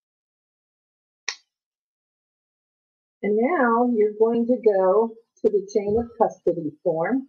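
After the swab handle is broken off, a plastic lid is pushed onto an oral-fluid test collection tube and snaps shut with one sharp, brief click at 1.3 s, heard in a quiet pause. Afterward someone talks. The lid is seated.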